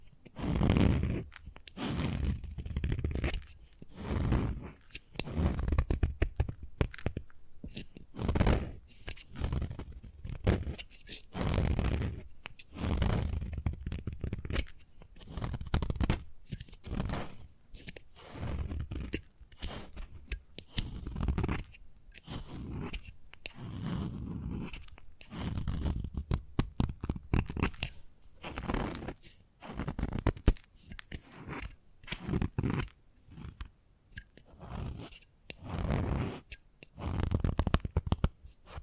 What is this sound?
Chalk Sounds Tapping, Scratching, Carving